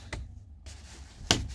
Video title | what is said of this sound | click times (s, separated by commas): Episode 2: HOW I STORE AND ORGANISE - Plastic Wardrobe Storage Cubes for my niqabs - LONDON NIQABI | you're going to hear the click in a minute. I'm going to push it really, really hard. | 1.3 s